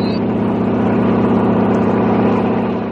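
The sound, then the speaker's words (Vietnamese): A steady, loud engine drone with a low throbbing pulse holds for a few seconds: the single propeller of a Piper light plane starting up. “Cái cánh quạt duy nhất của chiếc Piper bắt đầu khởi động.”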